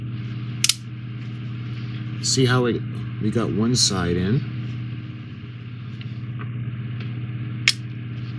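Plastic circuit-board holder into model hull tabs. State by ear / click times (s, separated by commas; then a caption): seated / 7.7 s. A plastic holder carrying the lighting circuit board for a 1:200 scale RMS Titanic model kit is pressed into the hull's retaining tabs after one side is already in. Someone talks over a steady low hum, with a sharp click at 0.6 s and a few faint ticks around 6 to 7 s. The holder seats with a loud click at 7.7 s.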